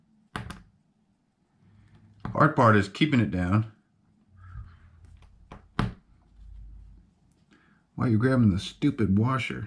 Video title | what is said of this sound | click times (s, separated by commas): How to Install a Steering bellcrank on 2wd Slash. | push it down you can hear the click | 0.4 s